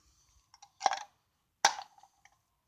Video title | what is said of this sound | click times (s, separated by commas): The frustration... How to change the oil in an Abarth 500 | just snaps right in | 1.7 s